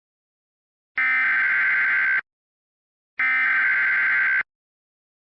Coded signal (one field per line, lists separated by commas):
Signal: Emergency Alert System (SAME) tones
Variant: header bursts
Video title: What in the world is this eas message